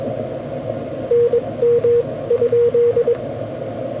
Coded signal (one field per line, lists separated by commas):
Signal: Morse code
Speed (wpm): 21 wpm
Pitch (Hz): 480 Hz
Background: radio noise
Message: NM?